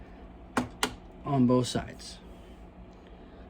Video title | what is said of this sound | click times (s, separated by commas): Work Duties and Funko Pop Unveiling Day 9 Vlog | push down until it clicks | 0.6 s, 0.8 s